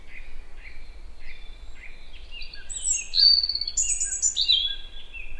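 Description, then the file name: European robin song: a few quiet repeated notes open, followed by a rich cascade of high whistled and trilled phrases changing pitch, over low background noise. "Erithacus rubecula"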